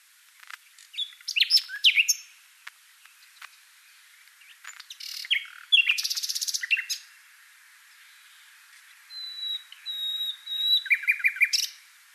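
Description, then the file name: Common nightingale singing varied phrases of chirps and rattles, separated by pauses, with thin high whistles and a final rapid trill. "Luscinia megarhynchos"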